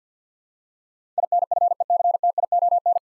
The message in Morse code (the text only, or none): INFECTION